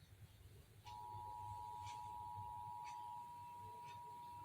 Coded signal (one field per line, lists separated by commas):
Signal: Emergency Alert System (SAME) tones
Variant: 853 and 960 Hz attention tone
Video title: EAS #429: Required Monthly Test - Indiana (11/17/2022) (WXIN)